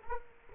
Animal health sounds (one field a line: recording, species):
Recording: mosquito wingbeat signal from an infrared sensor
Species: Culex quinquefasciatus